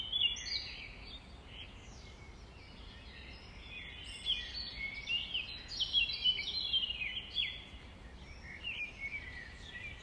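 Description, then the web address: Nightingale song of quick whistled notes and trills, with louder bursts in the middle and near the end, over background noise. Recorded at dawn on 5 May 2020, around 05:33. "20200505-053342. 2020 05 06 nightingales"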